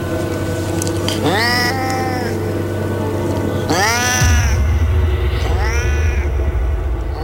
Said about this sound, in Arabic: الصوت أقرب ما يكون من صوت قطة أو صوت حيوان، لكن الشكل ما كانش كده خالص. يا نهار اسود، دي جثة بني آدم، أو بمعنى أصح ده نص جثة. نص جثة مقطوع نصها اللي تحت وبتزحف على الأرض ورفع إيديها ليا.